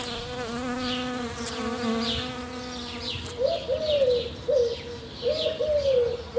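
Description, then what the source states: Bee wing buzz, a steady low droning hum for about three seconds, then overtaken by cooing from pigeons in the background. Bees pollinating flowers, with noisy pigeons in the background; recorded last spring; a subtle sound recorded close up, likened to macro photography.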